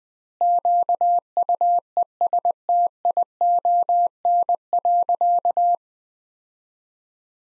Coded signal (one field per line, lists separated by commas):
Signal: Morse code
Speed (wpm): 20 wpm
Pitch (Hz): 700 Hz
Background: none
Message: QUESTION.